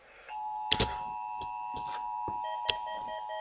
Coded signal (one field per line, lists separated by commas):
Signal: Emergency Alert System (SAME) tones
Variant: 853 and 960 Hz attention tone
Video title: NOAA Weather Radio (Bandicam) EAS #47: Required Monthly Test Aug 30th 2012